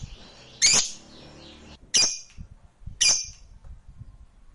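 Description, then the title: Lovebird giving three sharp shrill chirps about a second apart, with a soft twittering trace between them. Fighter lovebird singing energetically (gacor). "SUARA Lovebird FIGHTER GACOR"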